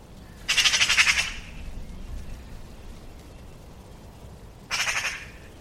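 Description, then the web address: Bird chattering call: two bursts of rapid, harsh pulsed notes, each under a second long, one early and one at the end, with quiet low background hiss between. "cianscape birddata Deverinetal"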